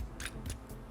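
An inner spring seat ring is handled on the metal shock body of a coilover, with the spring being dropped down so the ring will sit flush. Short, bright taps of handling are heard around 0.2, 0.25 and 0.5 seconds. Nothing has seated or clicked yet.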